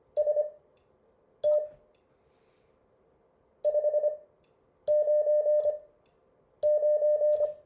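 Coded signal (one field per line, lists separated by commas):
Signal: Morse code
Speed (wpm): 24 wpm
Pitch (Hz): 600 Hz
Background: none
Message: ST 599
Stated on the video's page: Morse code lesson material from a class session.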